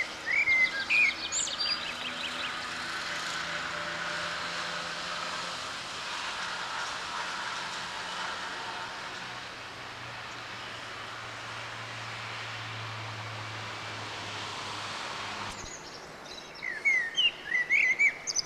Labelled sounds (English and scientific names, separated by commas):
Common Blackbird (Turdus merula) song